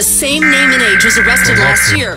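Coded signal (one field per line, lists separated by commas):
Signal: Emergency Alert System (SAME) tones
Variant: header bursts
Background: speech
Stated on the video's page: IPAWS weekly test alerts.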